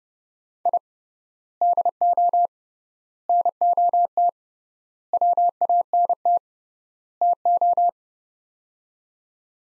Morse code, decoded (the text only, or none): I DO NOT WANT TO